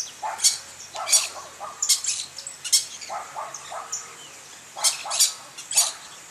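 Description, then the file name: Maroon-bellied parakeet giving harsh, high, scratchy calls in quick bursts. "Tiriba de Testa Vermelha"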